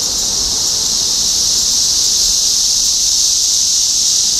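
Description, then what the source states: Cicadas droning together, an even, high hissing buzz that never breaks during the short stretch. Cicadas recorded in Topeka, Kansas, on 14 June 2015.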